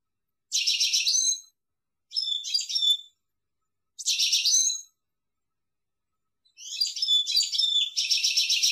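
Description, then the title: European goldfinch song in short twittering bursts about a second long, separated by brief pauses, with a longer liquid chattering run at the end. "Chant Chardonneret"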